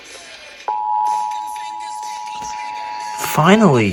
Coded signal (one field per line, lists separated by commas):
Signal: Emergency Alert System (SAME) tones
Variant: 853 and 960 Hz attention tone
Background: speech, music